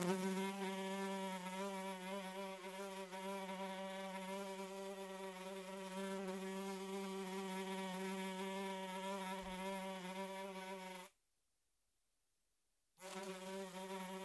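Fly buzzing steadily for about eleven seconds, a harmonic droning hum, then a two-second silence before the buzz resumes.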